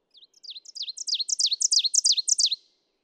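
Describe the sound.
Ovenbird song: high, sharp two-part phrases repeated rapidly, swelling steadily louder over about two and a half seconds before stopping abruptly.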